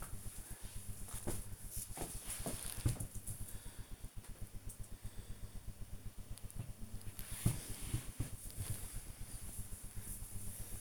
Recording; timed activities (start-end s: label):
household activities, microphone on the right wrist
0.00-3.35 s: folding laundry
7.38-10.81 s: ironing laundry